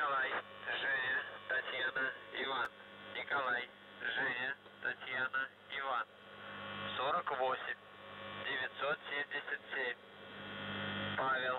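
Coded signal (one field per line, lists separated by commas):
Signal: coded military voice message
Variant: UVB-76, Russian voice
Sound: a voice reading Russian code words and number groups over a radio channel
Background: radio hum and static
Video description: НЖТИ 48977 ПУПСОКРОТ 1701 1440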